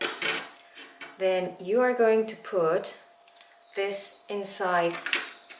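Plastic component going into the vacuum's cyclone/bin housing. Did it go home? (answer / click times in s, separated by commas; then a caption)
no / none. During reassembly of a Dyson V8 Animal cordless stick vacuum, a plastic part is handled and pushed toward the cyclone/bin housing while someone talks. There are brief handling noises, but the part has not yet seated or clicked into place.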